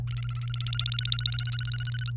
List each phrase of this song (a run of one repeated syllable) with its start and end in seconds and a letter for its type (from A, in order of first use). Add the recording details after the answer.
0.07-2.10 A. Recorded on 29 April 2018 at 16:03. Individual llb3